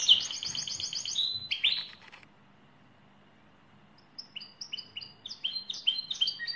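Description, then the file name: Lizard canary singing a dense buzzy roll and sharp notes, then falling silent for two seconds before resuming with quick chirped, stepped notes. "canto do canario lizard"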